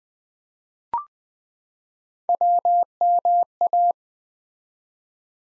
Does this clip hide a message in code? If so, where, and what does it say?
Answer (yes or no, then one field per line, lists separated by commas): yes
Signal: Morse code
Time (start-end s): 2.3-3.9 s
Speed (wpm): 20 wpm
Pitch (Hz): 700 Hz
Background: none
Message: WMA